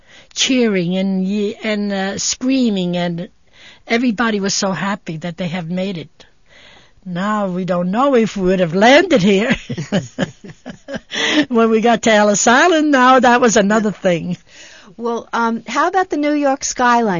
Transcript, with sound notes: Cheering, and, and screaming, and everybody was so happy that they have made it. Now we don't know if we would have landed here. (she laughs) When we got to Ellis Island, now that was another thing.
Well, how about the New York skyline.